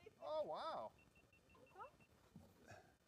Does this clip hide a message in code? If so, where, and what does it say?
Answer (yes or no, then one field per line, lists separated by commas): no